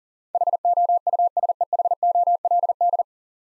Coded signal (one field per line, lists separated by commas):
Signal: Morse code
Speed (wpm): 40 wpm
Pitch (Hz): 700 Hz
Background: none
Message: HOUSEHOLD